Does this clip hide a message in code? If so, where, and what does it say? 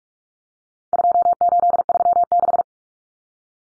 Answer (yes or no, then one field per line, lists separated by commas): yes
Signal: Morse code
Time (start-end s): 0.9-2.6 s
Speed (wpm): 44 wpm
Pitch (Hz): 700 Hz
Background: none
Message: 2836